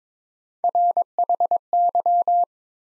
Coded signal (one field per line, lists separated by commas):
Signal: Morse code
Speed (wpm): 22 wpm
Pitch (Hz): 700 Hz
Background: none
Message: RHY